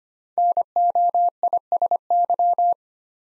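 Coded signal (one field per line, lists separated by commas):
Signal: Morse code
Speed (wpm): 25 wpm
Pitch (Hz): 700 Hz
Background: none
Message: NOISY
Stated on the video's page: Morse code practice at 25 wpm, building five-letter words one letter at a time for instant character recognition.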